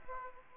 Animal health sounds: mosquito wingbeat signal from an infrared sensor; Aedes aegypti

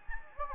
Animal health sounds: mosquito wingbeat signal from an infrared sensor; Anopheles gambiae

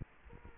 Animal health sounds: mosquito wingbeat signal from an infrared sensor; Culex quinquefasciatus

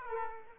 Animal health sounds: mosquito wingbeat signal from an infrared sensor; Aedes aegypti

